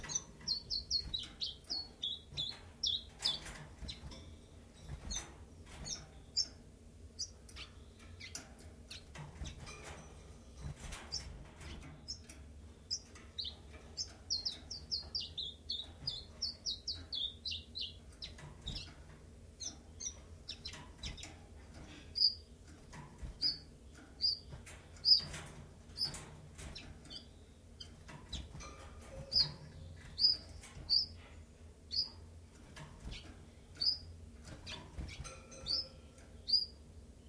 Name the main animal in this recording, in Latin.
Phylloscopus collybita